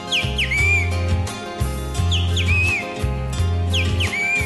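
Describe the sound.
A whistled imitation of a great kiskadee's call repeats three times, each a quick high swoop followed by a wavering held note, over steady musical accompaniment with a low rhythmic pulse.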